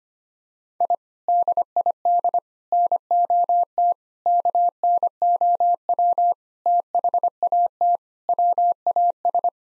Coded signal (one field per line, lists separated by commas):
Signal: Morse code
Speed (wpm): 25 wpm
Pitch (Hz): 700 Hz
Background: none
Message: I DID NOT KNOW THAT WAS